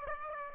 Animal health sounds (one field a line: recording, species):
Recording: mosquito wingbeat signal from an infrared sensor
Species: Aedes aegypti